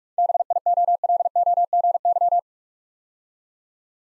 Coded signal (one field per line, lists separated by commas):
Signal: Morse code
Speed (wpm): 48 wpm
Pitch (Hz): 700 Hz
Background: none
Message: BIOLOGY